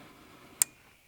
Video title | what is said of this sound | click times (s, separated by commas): Unifi G5 Turret Ultra - Is this the best value UniFi camera? #unifi #camera | There's the click. That now means that you can't undo it. It's now locked in. | 0.6 s